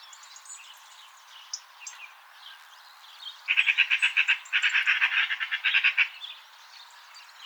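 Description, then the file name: Eurasian magpie chattering: two harsh, dry rattles of quick repeated chacks, the second burst longer, over faint background bird calls. "Pica pica"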